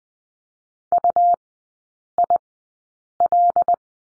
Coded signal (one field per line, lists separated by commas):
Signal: Morse code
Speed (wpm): 20 wpm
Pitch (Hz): 700 Hz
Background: none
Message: UIL